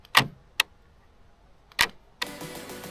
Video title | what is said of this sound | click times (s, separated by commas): How To Replace Door Lock On Fiat Bravo 2007-2014 | And you should also be able to hear on the video that it works. You can hear the click. | 0.6 s, 2.2 s